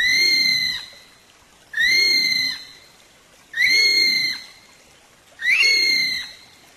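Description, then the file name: Kiwi whistles, four shrill level notes about every two seconds, each joined by a low hoarse rasping note underneath. "canto do passaro kiwi"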